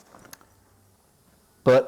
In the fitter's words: I'll just show you quickly how it fits fits on the two mushrooms at the bottom clicks into place